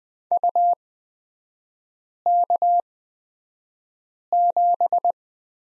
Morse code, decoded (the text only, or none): UK7